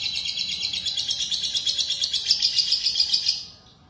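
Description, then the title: Lovebird song, a dense shrill buzzy chatter of fast pulsed notes that grows slightly louder, then stops abruptly near the end. "BM Suara Burung Lovebird"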